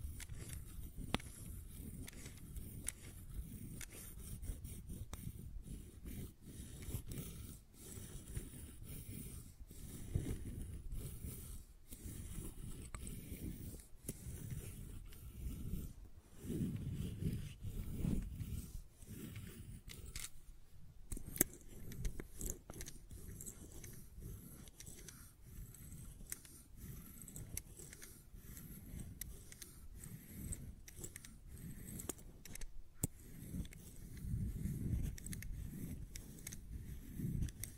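A fidget cube is tapped and clicked in quick, irregular bursts over a steady low rumble that swells and fades throughout.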